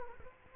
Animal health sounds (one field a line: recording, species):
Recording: mosquito wingbeat signal from an infrared sensor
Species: Culex quinquefasciatus